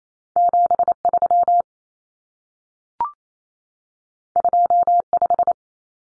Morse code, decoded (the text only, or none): 73 25